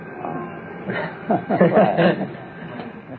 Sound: Prabhupāda chuckles